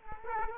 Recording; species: mosquito wingbeat signal from an infrared sensor; Culex quinquefasciatus